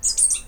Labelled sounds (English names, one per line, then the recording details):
Stitchbird song
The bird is a male
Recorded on Tiritiri Matangi Island, New Zealand, in 2005
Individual 17, of nest box 25